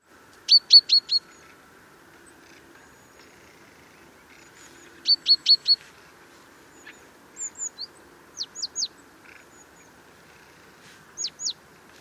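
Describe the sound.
Great tit: two quick bursts of four thin, high notes separated by a pause, followed by scattered short thin notes.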